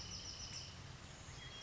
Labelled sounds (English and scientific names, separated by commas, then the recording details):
Bewick's Wren (Thryomanes bewickii)
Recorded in Sonoma County, California